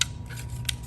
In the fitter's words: right there just set it in lock into place even the 17 right there